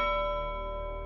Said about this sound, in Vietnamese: chợt họ nghe thấy một tiếng chuông chùa từ dặn dặm vọng về.